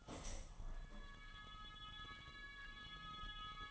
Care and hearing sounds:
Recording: daily activity, microphone in the room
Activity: open window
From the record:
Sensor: 4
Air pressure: 1000.8 hPa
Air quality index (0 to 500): 243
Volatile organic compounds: 40 ppm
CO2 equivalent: 3149 ppm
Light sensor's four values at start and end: 9/20/8/7 and 9/20/8/8

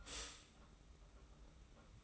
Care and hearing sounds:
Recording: daily activity, microphone in the room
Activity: stop toaster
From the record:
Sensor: 1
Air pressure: 991.7 hPa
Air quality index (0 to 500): 171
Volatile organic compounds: 1000 ppm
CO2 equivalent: 6466 ppm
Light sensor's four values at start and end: 32/107/41/42 and 32/107/41/42

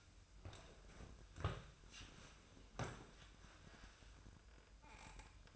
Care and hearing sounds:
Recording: daily activity, microphone in the room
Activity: sit down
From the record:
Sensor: 2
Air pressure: 1004.9 hPa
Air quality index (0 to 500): 84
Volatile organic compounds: 2 ppm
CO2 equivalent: 1009 ppm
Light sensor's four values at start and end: 8/19/7/7 and 7/16/6/7

